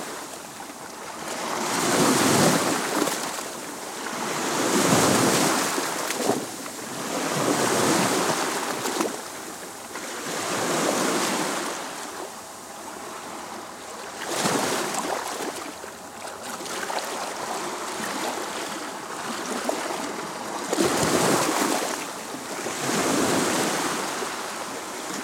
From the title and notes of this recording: Baltic Sea Waves Noise.